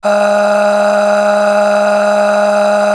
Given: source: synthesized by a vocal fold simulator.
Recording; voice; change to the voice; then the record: sustained vowel; female; aspiration noise (breathiness), level 10 of 10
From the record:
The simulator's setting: 4.64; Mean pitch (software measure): 206 Hz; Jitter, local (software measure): 1.62%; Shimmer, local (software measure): 16.3%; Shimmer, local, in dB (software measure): 1.43 dB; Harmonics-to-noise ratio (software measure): 9.8 dB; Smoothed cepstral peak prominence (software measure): 9.9 dB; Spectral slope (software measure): -19.2 dB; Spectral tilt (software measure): -7.2 dB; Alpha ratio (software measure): -9.8 dB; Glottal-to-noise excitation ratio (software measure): 0.623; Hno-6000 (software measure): 1.7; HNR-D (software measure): 31.8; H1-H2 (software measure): 6.6 dB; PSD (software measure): 1.1e-03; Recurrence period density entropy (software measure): 0.136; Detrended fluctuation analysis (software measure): 0.0283